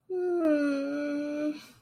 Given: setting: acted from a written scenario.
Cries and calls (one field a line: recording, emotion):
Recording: vocal sound without words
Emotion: guilt